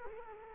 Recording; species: mosquito wingbeat signal from an infrared sensor; Culex quinquefasciatus